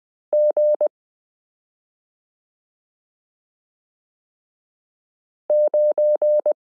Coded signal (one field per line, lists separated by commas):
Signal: Morse code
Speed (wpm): 20 wpm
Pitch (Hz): 600 Hz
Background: none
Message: G 9